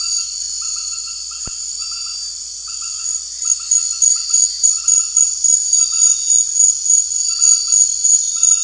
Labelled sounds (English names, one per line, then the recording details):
none
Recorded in secondary vegetation near Puerto Asís, Putumayo, Colombia, on 9 March 2025 at 22:00
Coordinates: 0.499, -76.323
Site G094